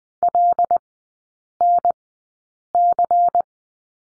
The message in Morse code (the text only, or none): LNC